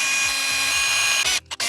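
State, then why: Stripped. A power driver whirs steadily as it runs a screw into a plastic threaded hole on an RC buggy chassis part during the servo and ESC install. The whir cuts out near 1.4 s, a faint short hit comes at 1.5 s as the screw slips, and then a brief burst of whir follows. The screw has stripped out of the plastic hole.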